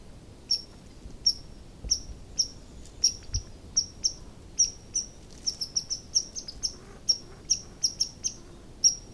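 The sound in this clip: Red squirrel calling with short, piercing high squeaks, spaced unevenly and bunching into faster runs in the later part, over a quiet background.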